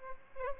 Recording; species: mosquito wingbeat signal from an infrared sensor; Aedes albopictus